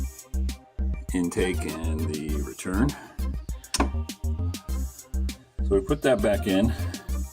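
After cleaning, the intake and return hose valve block of a Fluval 206 canister filter for a 20-gallon long reef tank is handled and put back onto the plastic canister filter head, with someone talking over steady background music and a few short handling knocks. Nothing has seated or clicked yet; the clip ends before the block snaps home.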